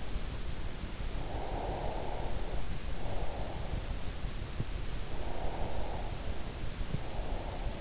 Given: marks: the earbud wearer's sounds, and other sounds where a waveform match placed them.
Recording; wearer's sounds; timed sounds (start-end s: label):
sounds in sleep by an in-ear microphone; breath
1.07-3.59 s: breath
5.13-7.81 s: breath